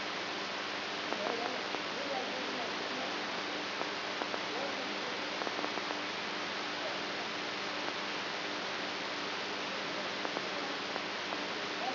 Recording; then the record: brain microelectrode recording played as sound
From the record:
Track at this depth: inside the subthalamic nucleus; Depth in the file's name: 4.515 mm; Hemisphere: right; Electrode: 3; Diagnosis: Parkinson's disease